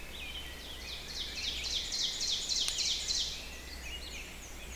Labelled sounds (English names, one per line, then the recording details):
Ovenbird song
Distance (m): 45 m
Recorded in boreal forest in Alberta, Canada, on 6 June 2016 at 07:39
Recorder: SongMeter 3, array SBT-3-51
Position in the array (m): 230 m, 137 m
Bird 28